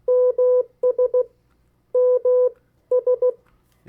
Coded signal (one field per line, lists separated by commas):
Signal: Morse code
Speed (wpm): 16 wpm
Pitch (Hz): 500 Hz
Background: none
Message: MS MS